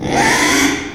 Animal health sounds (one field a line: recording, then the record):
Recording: squeal of a Yucatan mini pig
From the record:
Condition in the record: after surgery on the right vocal fold (resection and tissue-engineered implant)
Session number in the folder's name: 3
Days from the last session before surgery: 33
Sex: male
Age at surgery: 12 weeks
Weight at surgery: 13 kg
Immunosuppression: cyclosporine, prednisolone